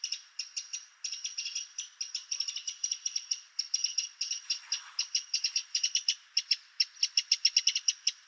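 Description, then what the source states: Eurasian wren calling with a long, continuous chatter of sharp high ticks, uneven in speed, with a short faint rustle partway through. Nominate subspecies Troglodytes troglodytes troglodytes.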